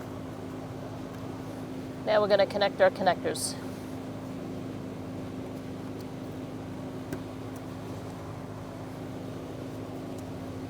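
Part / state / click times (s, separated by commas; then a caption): wiring harness connector into fuel pump module / seated / 7.1 s. A wiring harness connector is pushed onto the plastic socket on the fuel pump assembly of a 2002-2006 Toyota Camry. Someone talks briefly over a steady low hum, then a single short click is heard at 7.1 s as the connector seats into place.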